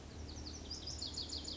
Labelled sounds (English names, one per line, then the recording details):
Lazuli Bunting
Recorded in Sonoma County, California